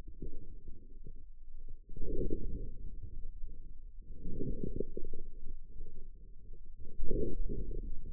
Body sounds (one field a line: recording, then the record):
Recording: forearm muscle sounds (acoustic myography)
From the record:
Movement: inward rotation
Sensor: system 2, bracelet of six BSWA MPA416 microphones around the upper forearm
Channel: 5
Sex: male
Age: 22 years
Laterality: right